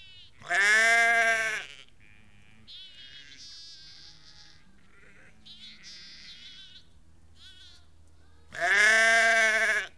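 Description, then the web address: Sheep calling, two loud bleats opening and closing the stretch, with quieter, higher bleats in between over a faint hum. About 30 to 50 ewes and lambs calling together. "BBC Sound Effects Library (Livestock) About 30-50 Ewes and Lambs Calling"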